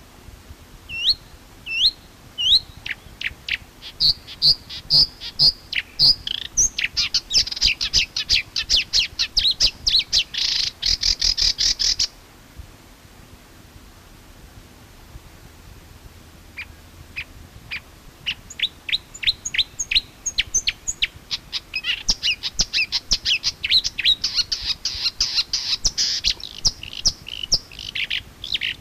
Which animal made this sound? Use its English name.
Marsh Warbler